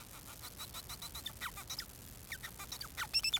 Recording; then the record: song of a male Bengalese finch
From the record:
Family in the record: son of father 4